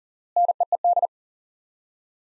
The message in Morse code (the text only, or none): NEED